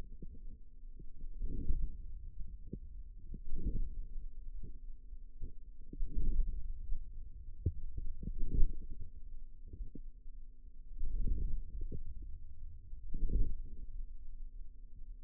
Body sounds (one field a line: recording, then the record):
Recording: forearm muscle sounds (acoustic myography)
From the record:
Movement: hand closing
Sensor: system 2, bracelet of six BSWA MPA416 microphones around the upper forearm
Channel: 4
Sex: female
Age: 22 years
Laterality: right